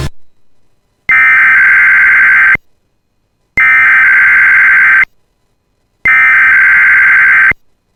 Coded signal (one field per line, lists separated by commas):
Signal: Emergency Alert System (SAME) tones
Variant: header bursts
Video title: [EAS Compilation] 2025 Minnesota Statewide Tornado Drill Emergency Alert System Tests